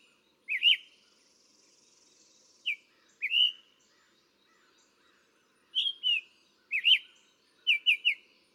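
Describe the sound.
Summer tanager song of clear, burry rising and falling notes delivered in short bursts separated by silences of up to about two seconds.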